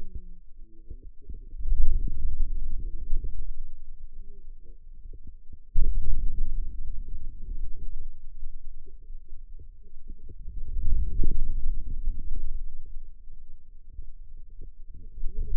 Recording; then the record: forearm muscle sounds (acoustic myography)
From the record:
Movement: wrist extension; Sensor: system 2, bracelet of six BSWA MPA416 microphones around the upper forearm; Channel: 6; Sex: female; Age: 21 years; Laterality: right